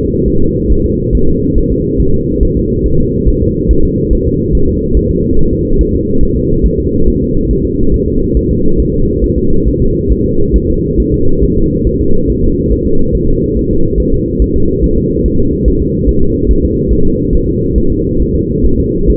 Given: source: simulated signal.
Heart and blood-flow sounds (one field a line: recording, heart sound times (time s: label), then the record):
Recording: fetal heart sounds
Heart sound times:
0.28 s: S1
0.42 s: S2
0.72 s: S1
0.86 s: S2
1.15 s: S1
1.29 s: S2
1.58 s: S1
1.72 s: S2
2.00 s: S1
2.14 s: S2
2.43 s: S1
2.57 s: S2
2.86 s: S1
3.00 s: S2
3.28 s: S1
3.42 s: S2
3.71 s: S1
3.85 s: S2
4.13 s: S1
4.27 s: S2
4.55 s: S1
4.69 s: S2
4.97 s: S1
5.11 s: S2
5.39 s: S1
5.53 s: S2
5.81 s: S1
5.95 s: S2
6.23 s: S1
6.37 s: S2
6.66 s: S1
6.80 s: S2
7.08 s: S1
7.22 s: S2
7.51 s: S1
7.65 s: S2
7.94 s: S1
8.08 s: S2
8.37 s: S1
8.51 s: S2
8.80 s: S1
8.94 s: S2
9.24 s: S1
9.38 s: S2
9.68 s: S1
9.82 s: S2
10.12 s: S1
10.26 s: S2
10.56 s: S1
10.70 s: S2
11.00 s: S1
11.14 s: S2
11.44 s: S1
11.58 s: S2
11.87 s: S1
12.01 s: S2
12.30 s: S1
12.44 s: S2
12.72 s: S1
12.86 s: S2
13.15 s: S1
13.29 s: S2
13.57 s: S1
13.71 s: S2
14.00 s: S1
14.14 s: S2
14.42 s: S1
14.56 s: S2
14.84 s: S1
14.98 s: S2
15.26 s: S1
15.40 s: S2
15.68 s: S1
15.82 s: S2
16.09 s: S1
16.23 s: S2
16.51 s: S1
16.65 s: S2
16.93 s: S1
17.07 s: S2
17.35 s: S1
17.49 s: S2
17.78 s: S1
17.92 s: S2
18.22 s: S1
18.36 s: S2
18.66 s: S1
18.80 s: S2
19.10 s: S1
From the record:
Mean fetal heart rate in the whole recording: 140 bpm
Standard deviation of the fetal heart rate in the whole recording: 2 bpm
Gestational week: 34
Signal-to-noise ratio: -17.7 dB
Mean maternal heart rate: 72 bpm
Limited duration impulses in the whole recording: present